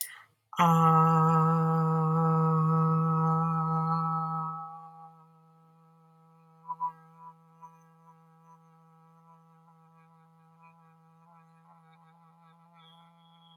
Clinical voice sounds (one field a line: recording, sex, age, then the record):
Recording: vowel held as long as possible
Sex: female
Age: 30 to 39 years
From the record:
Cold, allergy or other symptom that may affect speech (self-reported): no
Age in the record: 38 years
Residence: Florida, United States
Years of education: 18